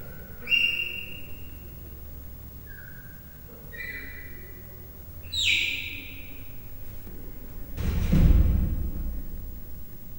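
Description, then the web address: Leopard cub giving a few high, whistled chirps spaced irregularly over about five seconds, then a loud burst of noise. Three-month-old leopard cub chirping, captive in the zoo at Miskolc, recorded in 2009. "miskolcizoo 2009 leopard haromhonaposkolyokcsipogasa"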